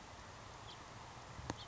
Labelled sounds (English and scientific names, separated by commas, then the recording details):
House Finch (Haemorhous mexicanus)
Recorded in Sonoma County, California